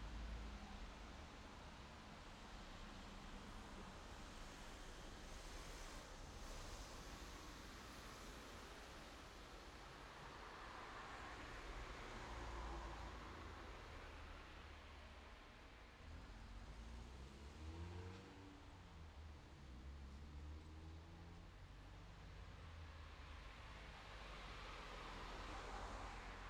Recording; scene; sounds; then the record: everyday scene through a hearing-aid microphone; in traffic; traffic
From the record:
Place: city secondary road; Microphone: in the ear canal, left